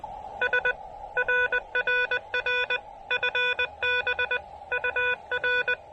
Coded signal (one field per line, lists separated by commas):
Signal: Morse code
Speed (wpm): 20 wpm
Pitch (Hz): 1480 Hz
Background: none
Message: S RRR FB UR